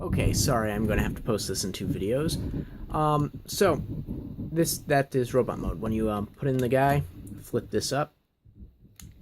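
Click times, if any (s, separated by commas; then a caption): 9.0 s. Someone talks as the partner figure is inserted into a plastic Masterpiece Starsaber transforming robot toy in robot mode, and its flip-up face panel is flipped up into the head. After the talking stops, a single sharp click at 9.0 s marks the face panel locking into place.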